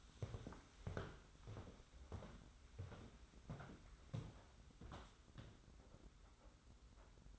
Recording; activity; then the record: daily activity, microphone in the room; walk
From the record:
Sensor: 3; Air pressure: 991.6 hPa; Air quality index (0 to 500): 181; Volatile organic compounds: 1000 ppm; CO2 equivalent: 6052 ppm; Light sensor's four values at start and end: 34/95/39/33 and 38/110/44/39